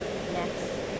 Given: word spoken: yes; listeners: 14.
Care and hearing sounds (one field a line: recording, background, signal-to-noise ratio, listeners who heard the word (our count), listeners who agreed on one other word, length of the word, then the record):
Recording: one English word in noise, from a listening test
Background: speech-shaped noise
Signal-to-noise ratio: -5.5 dB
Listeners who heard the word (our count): 1 of 14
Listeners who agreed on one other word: 7 of 14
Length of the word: 0.60 s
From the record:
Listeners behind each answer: 7, 3, 1, 1, 1, 1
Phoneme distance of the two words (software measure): 17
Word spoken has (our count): 1 syllable, 3 phonemes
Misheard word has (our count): 1 syllable, 4 phonemes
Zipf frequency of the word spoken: 6.23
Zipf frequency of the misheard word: 4.40